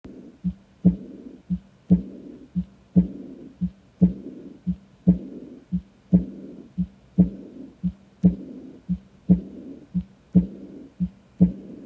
Aortic regurgitation.